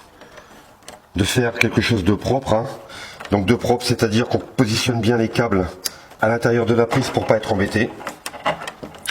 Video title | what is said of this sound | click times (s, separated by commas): Électricien 94 | Hop. Là, j'ai mal clipsé. | none